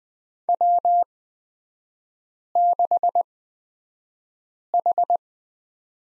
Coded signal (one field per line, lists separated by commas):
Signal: Morse code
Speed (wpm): 20 wpm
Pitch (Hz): 700 Hz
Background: none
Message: W6H